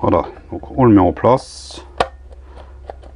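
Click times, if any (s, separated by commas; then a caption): 2.0 s. A new filter element is fitted into its filter housing on a Fiat Punto 1.3 Multijet during a service. Someone talks, then a short, sharp click is heard at 2.0 s as the element clips into the housing and catches. Fainter ticks follow, and the element is confirmed seated.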